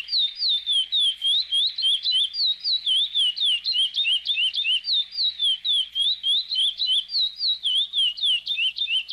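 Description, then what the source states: Chestnut-bellied Seed-Finch song: a continuous, fast run of sweet whistled notes that warble up and down, rapidly repeated without pause, with no other clear sounds. Song for warming up the bird.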